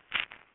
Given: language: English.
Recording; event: throat vibration sensor signal played as sound; swallow